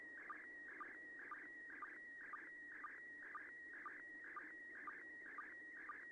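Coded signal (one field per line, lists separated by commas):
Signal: SSTV (slow-scan television)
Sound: warbling tone scanning image lines, with short low sync chirps about twice a second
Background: radio static, low hum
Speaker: fourth image is almost perfect [Laughter]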